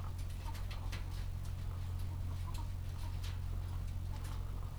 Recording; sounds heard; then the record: poultry house recording; sick chickens (respiratory disease)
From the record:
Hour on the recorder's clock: 14